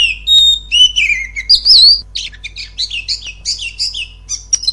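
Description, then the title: Oriental magpie-robin song: a clear, pure whistle, then a falling slurred note and a bright rising whistle, followed by quick, varied chirpy phrases. Masteran therapy recording meant to train a young, untrained magpie-robin that does not sing. "Spesial Masteran Terapi Kacer Bakalan Masteran Terapi Kacer Bisu"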